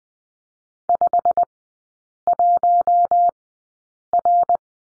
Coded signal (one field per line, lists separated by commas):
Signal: Morse code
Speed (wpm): 20 wpm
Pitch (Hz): 700 Hz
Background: none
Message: 51R